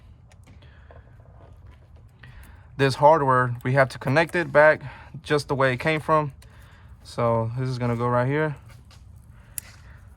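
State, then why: Seated. Someone talks while a wiring harness connector is pushed back onto an ignition coil on an S550 Mustang GT engine after installing NGK spark plugs. A sharp plastic click at 9.6 s marks the connector seating, after which it is pushed down further and shaken to check it is not loose.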